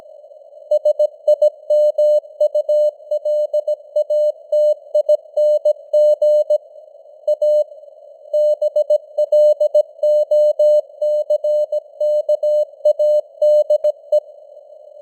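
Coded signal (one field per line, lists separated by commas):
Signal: Morse code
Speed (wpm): 17 wpm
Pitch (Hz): 600 Hz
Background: none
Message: SIMULATING A BLOCKADE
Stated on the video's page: Simulated news headlines at 17 wpm with simulated radio noise and varying signal strength (QSB).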